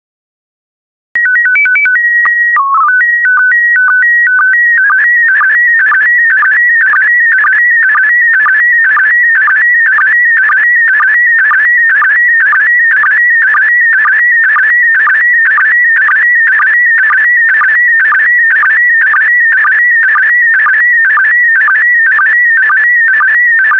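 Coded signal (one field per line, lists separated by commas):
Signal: SSTV (slow-scan television)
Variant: PD120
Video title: 49014 Apes SSTV PD120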